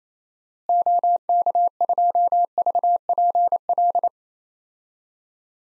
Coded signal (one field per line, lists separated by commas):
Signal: Morse code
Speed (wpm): 28 wpm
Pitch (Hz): 700 Hz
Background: none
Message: OK2VPL